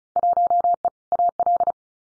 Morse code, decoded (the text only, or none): 1E AL